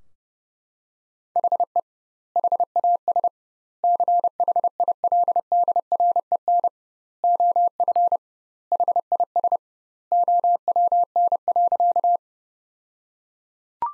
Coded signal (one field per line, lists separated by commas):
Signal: Morse code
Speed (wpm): 32 wpm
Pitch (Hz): 700 Hz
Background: none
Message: HE HAS CHILDREN OF HIS OWN.